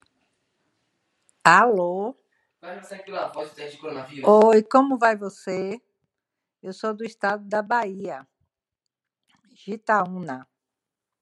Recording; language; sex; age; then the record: short text; Brazilian Portuguese; female; 50 to 59 years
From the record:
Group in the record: control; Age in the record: 55 years